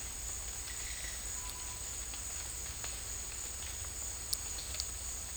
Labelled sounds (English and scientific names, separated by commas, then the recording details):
none
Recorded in dense forest near Puerto Asís, Putumayo, Colombia, on 21 December 2024 at 12:00
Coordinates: 0.486, -76.317
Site G003